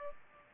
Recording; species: mosquito wingbeat signal from an infrared sensor; Aedes aegypti